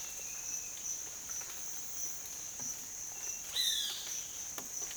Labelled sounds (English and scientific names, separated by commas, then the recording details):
Violaceous Jay (Cyanocorax violaceus)
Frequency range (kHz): Violaceous Jay (Cyanocorax violaceus) 1.3-5.5 kHz
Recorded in dense forest near Puerto Asís, Putumayo, Colombia, on 25 June 2025 at 07:00
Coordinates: 0.484, -76.325
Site H65